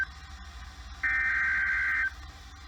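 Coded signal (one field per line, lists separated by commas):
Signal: Emergency Alert System (SAME) tones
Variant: header bursts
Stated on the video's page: Real EAS alerts from August 24, 2020.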